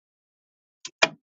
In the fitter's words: until it clicks